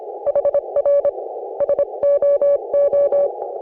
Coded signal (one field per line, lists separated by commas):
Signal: Morse code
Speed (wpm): 26 wpm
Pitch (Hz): 560 Hz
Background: none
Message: HR SOO